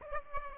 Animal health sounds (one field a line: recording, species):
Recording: mosquito wingbeat signal from an infrared sensor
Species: Aedes aegypti